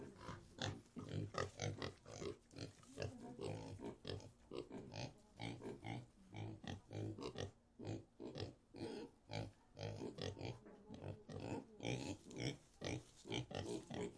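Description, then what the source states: Pigs grunting and oinking almost without pause, many short rough calls following each other rapidly. In a pig sty.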